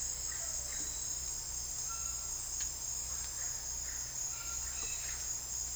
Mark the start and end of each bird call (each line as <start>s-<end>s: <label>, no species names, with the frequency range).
0.00s-1.25s: bird call (0.3-3.2 kHz)
1.80s-5.21s: bird call (0.8-3.1 kHz)